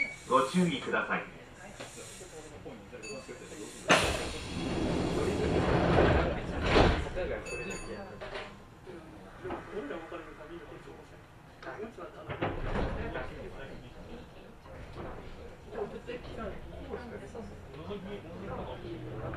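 Inside a Kintetsu Osaka Line section semi-express train, a steady low rumble runs throughout with voices talking over it. A loud rushing hiss swells from about 4 to 7 seconds, then eases, and another burst of noise rises near 12 seconds before settling again.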